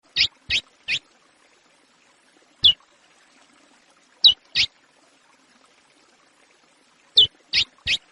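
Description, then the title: Chestnut-bellied seed finch song of brief, bright, high notes: a three-note phrase, a single note, a pair, then another three-note phrase, separated by short pauses. Classic Praia song style of the chestnut-bellied seed finch, used for training young birds. "CURIÓ CANTO PRAIA CLÁ SSICO PARA TREINAMENTO DE FILHOTES"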